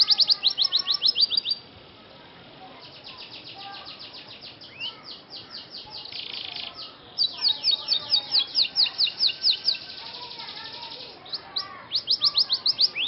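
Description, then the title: Scotch Fancy canary song in bursts of rapid high chirping, separated by a quieter patch of soft twittering and a buzzy note. Scotch Fancy canary song with cengkok (ornamented song variations), singing vigorously (gacor). "Cengkok Kenari Mewah. KENARI SCOTCH FANCY GACOR CENGKOK MEWAH"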